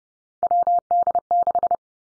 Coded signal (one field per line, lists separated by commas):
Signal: Morse code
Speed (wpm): 30 wpm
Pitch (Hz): 700 Hz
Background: none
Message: WD6